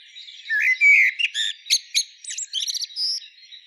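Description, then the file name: Common blackbird in one short phrase: a low sweeping whistle followed by quick high chirps and a brief squeaky trill. "Turdus merula"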